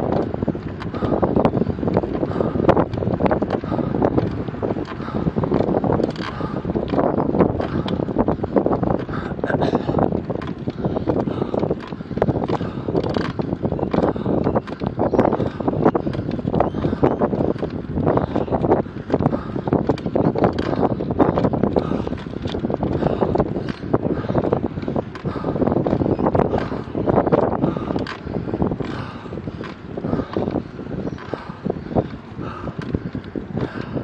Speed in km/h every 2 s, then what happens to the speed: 14, 15, 14, 14, 13, 13, 13, 13, 13, 13, 13, 14, 13, 12, 12, 12, 12.
0-34 steady at about 13.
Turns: none.